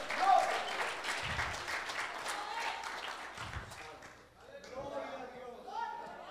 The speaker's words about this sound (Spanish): Dale una ofrenda de palmas al Señor en esta noche.